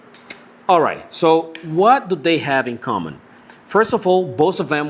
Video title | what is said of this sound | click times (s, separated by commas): 7-14mm f/2.8 Pro vs 8-25mm f/4.0 Pro – The OM-System Ultra-Wide Angle Lens You Should Buy! | So in order to turn it on, you do have to apply pressure and then it's going to click back into the 8 mm position. And this is how it works. | 0.3 s